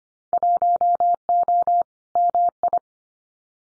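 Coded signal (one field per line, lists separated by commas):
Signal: Morse code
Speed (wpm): 25 wpm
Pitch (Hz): 700 Hz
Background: none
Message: 1O MI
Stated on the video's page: Morse head-copy drill of randomly chosen Winter Field Day contest exchanges at 25 wpm, each sent, spoken, then sent again.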